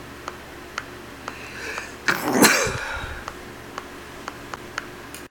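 A single sneeze from an adult male.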